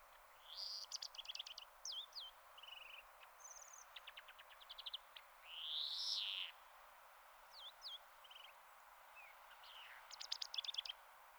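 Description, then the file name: European greenfinch twittering: scattered chips and dry trills, with a long nasal buzzy wheeze in the middle and more trilled notes afterwards. "Chloris chloris"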